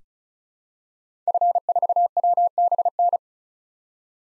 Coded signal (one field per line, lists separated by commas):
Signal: Morse code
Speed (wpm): 36 wpm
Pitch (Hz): 700 Hz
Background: none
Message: F4WBN